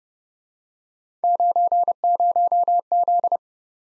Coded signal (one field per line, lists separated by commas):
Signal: Morse code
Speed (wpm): 29 wpm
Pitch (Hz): 700 Hz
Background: none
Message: 90Z